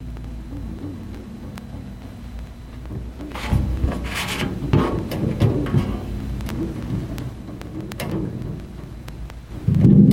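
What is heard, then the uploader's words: A metal plate is handled and scraped, with sharp clicks and taps scattered throughout over a low, wavering rumble. A rougher, brighter scraping passage builds from about three to five seconds, and a louder rattling burst closes the clip. Metal plate.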